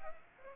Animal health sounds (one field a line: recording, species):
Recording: mosquito wingbeat signal from an infrared sensor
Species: Aedes aegypti